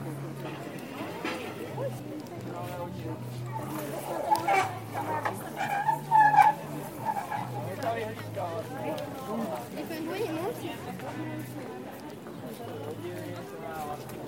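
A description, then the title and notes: Street sounds in Taormina, Sicily: several people talk and chatter at once under a steady low hum that runs throughout. Around four and a half seconds and again near six seconds, brief louder bursts rise with a short, thin high chirp. Taormina, Sicily, Italy. Enregistrements audio réalisés en milieu urbain.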